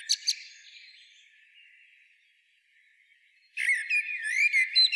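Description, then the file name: Common blackbird song, two brief high notes and a fading warble, then after a pause a loud run of squeaky, twittering whistled phrases. "Turdus merula"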